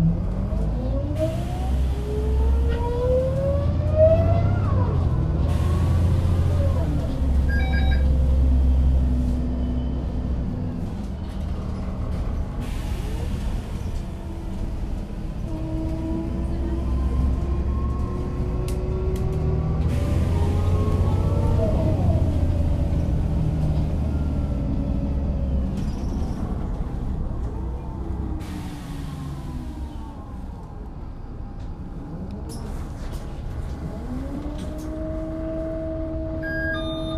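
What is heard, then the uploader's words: A bus rolls along at night, its engine droning low and steady while the motor's pitch climbs and falls as it speeds up and slows. Brief bursts of hissing air or passing noise flare every few seconds, and faint voices murmur in the background. Mercedes-Benz Citaro. Massive ZF Ecomat Sound. Hat : 3B Kadıköy - Ünalan Mahallesi. Massive ZF Ecomat Noice + Kickdown White Noise Bus Night Ride. Public Transportation.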